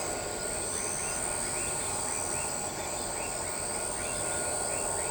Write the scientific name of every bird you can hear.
none